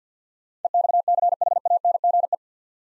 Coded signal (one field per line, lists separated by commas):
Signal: Morse code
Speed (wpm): 49 wpm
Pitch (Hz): 700 Hz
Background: none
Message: EXCHANGE